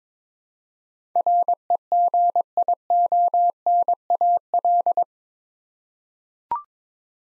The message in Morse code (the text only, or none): REGIONAL